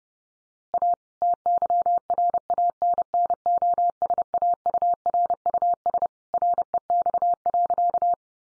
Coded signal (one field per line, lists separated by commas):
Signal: Morse code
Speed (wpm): 30 wpm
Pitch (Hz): 700 Hz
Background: none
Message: A TYRANNOSAURUS REX.